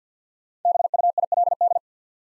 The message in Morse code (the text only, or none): BUILD